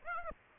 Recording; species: mosquito wingbeat signal from an infrared sensor; Aedes aegypti